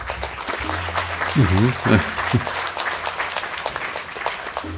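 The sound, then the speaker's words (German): A crowd applauds steadily throughout, a dense wash of many hands clapping at an even level, with a short voiced call or cheer rising above it partway through. “Ach so, Applaus, Applaus, ja, Applaus, Applaus.”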